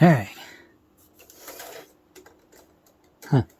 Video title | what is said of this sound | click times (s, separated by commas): Fusion Ultrazord VS Gigant KishiRyuOh (Dino Fury/Ryusoulger) | Alright. That didn't click on. | none